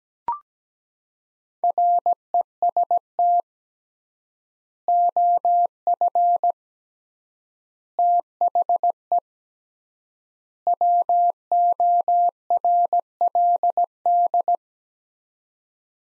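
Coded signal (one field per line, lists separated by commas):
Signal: Morse code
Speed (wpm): 17 wpm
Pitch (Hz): 700 Hz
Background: none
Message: REST OF THE WORLD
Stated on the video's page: Morse practice set of four-word groups at 17 wpm with 3x word spacing, a Farnsworth-like method using words, for head-copy training.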